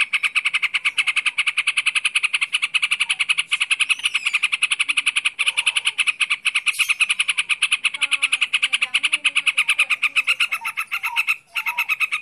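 Bird's continuous rapid chattering song, dense harsh notes pouring out for over twelve seconds, with faint softer calls in the background.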